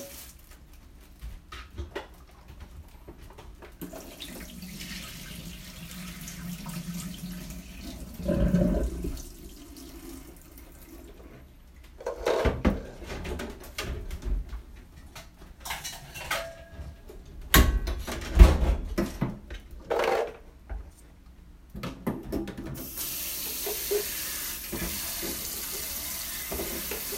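Kitchen sounds: running water from a tap comes and goes, with short bursts of splashing and clattering around 8, 12 to 16, and 18 seconds. Between them are quieter stretches of handling noise, and a steady hiss of flowing water fills the last few seconds.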